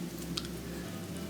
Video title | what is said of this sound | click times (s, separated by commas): ✨ ELECTRIC STOVE BURNERS NOT HEATING UP—EASY FIX ✨ | It just fits right in and actually clicks into place. | 0.4 s